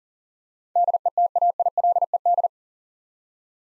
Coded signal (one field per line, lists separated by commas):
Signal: Morse code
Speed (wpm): 40 wpm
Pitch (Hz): 700 Hz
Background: none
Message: DETAILED